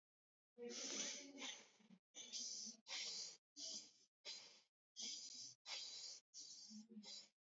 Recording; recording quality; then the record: shallow breathing; excellent, no background noise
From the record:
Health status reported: healthy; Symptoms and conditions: none ticked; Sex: male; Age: 25 years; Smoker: not ticked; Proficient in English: yes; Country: India